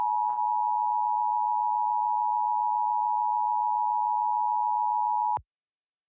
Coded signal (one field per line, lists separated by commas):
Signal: Emergency Alert System (SAME) tones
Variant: 853 and 960 Hz attention tone